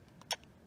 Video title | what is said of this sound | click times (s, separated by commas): How to do Lumispa Accent .? | and tug and it snaps right in so you get your product | 0.3 s